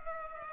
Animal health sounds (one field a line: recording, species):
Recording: mosquito wingbeat signal from an infrared sensor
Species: Culex pipiens